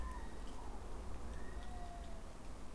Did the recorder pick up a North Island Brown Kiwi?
yes